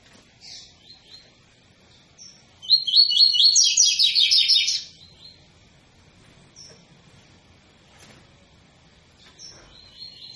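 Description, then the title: Double-collared seedeater song: one loud two-second burst of rapid buzzy high notes, surrounded by faint scattered chirps. Tui-tui style song of a bird with strong vigour, used as a teaching song for young birds. "COLEIRO TUI TUI FIBRA CANTO PROFESSOR"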